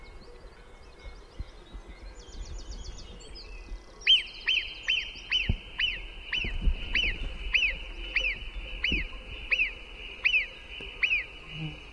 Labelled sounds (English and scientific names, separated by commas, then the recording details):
Alpine Marmot (Marmota marmota) alarm call
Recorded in the wild
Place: Brand, Alpen, Vorarlberg, AT
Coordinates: 47.0872, 9.70472
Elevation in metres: 1508
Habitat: alp
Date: 2010-07-20
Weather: fair, 20°C, weak winds
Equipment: Sound Devices 702, Sennheiser MKH 70, Rycote Windschutz
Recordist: Frommolt, Karl-Heinz